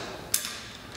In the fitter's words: nice and steady, until it clicks.